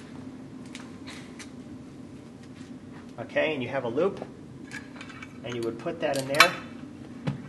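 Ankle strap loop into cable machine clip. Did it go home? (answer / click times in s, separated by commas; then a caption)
yes / 7.3 s. An ankle strap's loop is put into the clip of a cable machine while someone talks, and a single short click is heard at 7.3 s. The ankle strap clip is locked onto the cable and seated in place.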